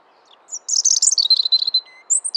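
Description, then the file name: European robin song: a rapid, sparkling trill sliding downward, followed by a thin, high note. "Erithacus rubecula"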